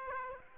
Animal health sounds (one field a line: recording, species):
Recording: mosquito wingbeat signal from an infrared sensor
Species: Aedes aegypti